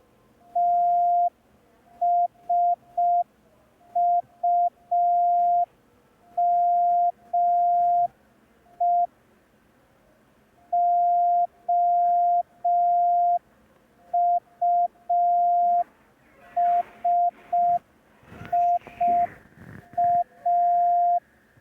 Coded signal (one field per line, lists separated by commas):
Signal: Morse code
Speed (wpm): 5 wpm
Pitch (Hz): 700 Hz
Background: none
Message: TSUME OUSIA